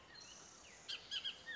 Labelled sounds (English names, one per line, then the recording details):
Bullock's Oriole
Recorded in Sonoma County, California